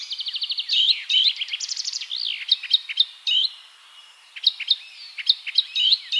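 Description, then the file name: Eurasian blackcap song opening with a rapid even rattle, then sweeping whistled notes and chirps, a brief pause, and more bright scattered notes. "Sylvia atricapilla"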